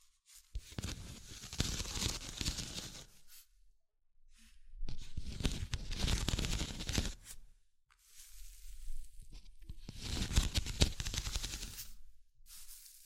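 Scratching and tapping come in three long, dense bursts of about three seconds each, separated by short pauses, with a brief fourth burst at the very end. Each burst is a rough, crackling scrape spread from low to bright, with sharp taps scattered throughout.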